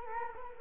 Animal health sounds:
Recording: mosquito wingbeat signal from an infrared sensor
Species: Culex quinquefasciatus

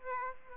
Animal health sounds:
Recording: mosquito wingbeat signal from an infrared sensor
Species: Aedes aegypti

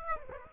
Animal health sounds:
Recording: mosquito wingbeat signal from an infrared sensor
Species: Aedes aegypti

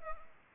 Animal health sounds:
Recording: mosquito wingbeat signal from an infrared sensor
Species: Anopheles arabiensis

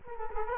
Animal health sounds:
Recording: mosquito wingbeat signal from an infrared sensor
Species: Culex quinquefasciatus

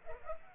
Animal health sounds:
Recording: mosquito wingbeat signal from an infrared sensor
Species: Culex pipiens

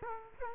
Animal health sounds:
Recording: mosquito wingbeat signal from an infrared sensor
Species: Culex quinquefasciatus

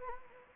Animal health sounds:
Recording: mosquito wingbeat signal from an infrared sensor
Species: Anopheles gambiae

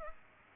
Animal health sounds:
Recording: mosquito wingbeat signal from an infrared sensor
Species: Aedes aegypti

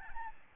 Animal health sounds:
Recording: mosquito wingbeat signal from an infrared sensor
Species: Aedes albopictus

